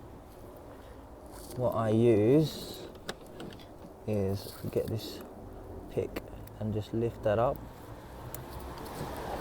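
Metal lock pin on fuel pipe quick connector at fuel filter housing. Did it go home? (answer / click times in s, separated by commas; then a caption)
released / 8.4 s. Someone talks while a pick lifts the metal lock pin on the fuel pipe quick connector at the diesel fuel filter housing of a Citroen Berlingo 1.6 HDi. A few faint ticks sound around 3.1 to 3.5 seconds, and the pin clicks up at 8.4 seconds, releasing the connector.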